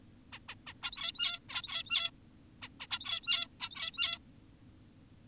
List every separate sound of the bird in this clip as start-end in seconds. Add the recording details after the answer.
0.33-0.39, 0.49-0.55, 0.67-0.74, 0.83-1.39, 1.49-2.11, 2.62-2.69, 2.80-2.87, 2.91-3.48, 3.60-4.18. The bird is an adult. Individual g17y2U